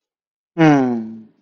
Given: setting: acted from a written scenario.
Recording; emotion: vocal sound without words; serenity